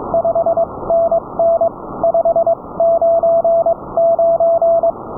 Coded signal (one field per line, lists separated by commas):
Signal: Morse code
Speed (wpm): 22 wpm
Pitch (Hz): 670 Hz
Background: none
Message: 5NN 599